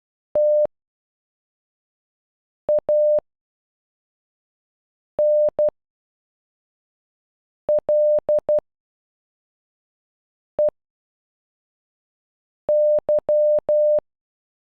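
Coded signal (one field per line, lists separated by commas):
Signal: Morse code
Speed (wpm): 12 wpm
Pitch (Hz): 600 Hz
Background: none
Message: TANLEY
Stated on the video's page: Morse code for a single word, played at normal speed and at half speed, made with an online translator tool.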